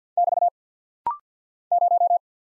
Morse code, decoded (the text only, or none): <BT> 0